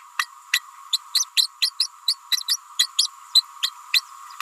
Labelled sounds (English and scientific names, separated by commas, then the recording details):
Green-rumped Parrotlet (Forpus passerinus) babbling
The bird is a female
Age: 29 days
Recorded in a nest box in Venezuela
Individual 17B31A3